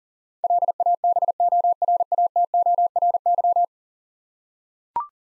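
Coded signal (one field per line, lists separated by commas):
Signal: Morse code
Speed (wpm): 40 wpm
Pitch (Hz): 700 Hz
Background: none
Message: LABORATORY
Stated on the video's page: Morse code drill of 10-letter words at 40 wpm, each word sent twice.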